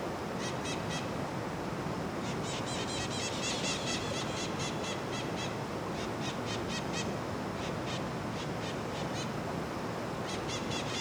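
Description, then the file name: Parakeets giving short, harsh, rapidly repeated calls in bursts of chatter, with pauses between groups, over a steady rushing of river water. Several parakeets at the mouth of the Angélica cave, microphones pointing outward, river to the right; AB stereo setup. "Varios periquitos com rio a direita e cigarras, gravacao em ab na boca da caverna angelica apontando para fora"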